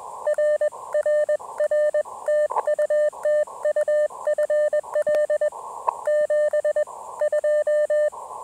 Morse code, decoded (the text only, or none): RRR TU TU FL 72